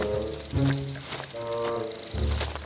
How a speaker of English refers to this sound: Oh, these nasty birds!